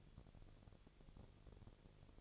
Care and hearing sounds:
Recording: daily activity, microphone in the room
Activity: no activity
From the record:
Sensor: 4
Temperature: 22.4 degrees Celsius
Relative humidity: 31.0%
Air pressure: 1004.1 hPa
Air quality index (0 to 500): 85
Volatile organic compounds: 1 ppm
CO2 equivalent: 772 ppm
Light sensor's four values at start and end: 2/3/1/1 and 2/3/1/1

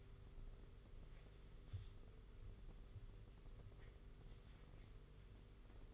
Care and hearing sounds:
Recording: daily activity, microphone in the room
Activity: wipe stove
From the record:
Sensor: 4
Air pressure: 991.3 hPa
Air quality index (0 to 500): 156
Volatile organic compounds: 122 ppm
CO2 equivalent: 3888 ppm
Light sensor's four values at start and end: 25/82/30/32 and 25/83/31/32

